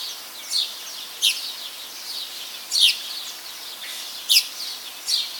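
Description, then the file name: Eurasian magpie uttering rasping chack notes, several at irregular intervals, some sharp and some softer and drawn out, over quiet background hiss. "Pica pica"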